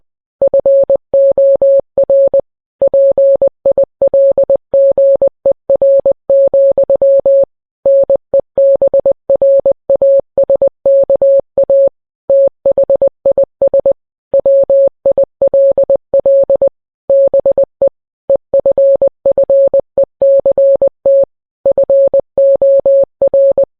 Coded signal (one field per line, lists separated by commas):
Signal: Morse code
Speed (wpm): 20 wpm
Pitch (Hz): 550 Hz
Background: none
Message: FOR PILGER, NEBRASKA THIS WILL BE EFFECT FOR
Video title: NWS Radio Morse code